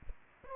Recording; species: mosquito wingbeat signal from an infrared sensor; Aedes aegypti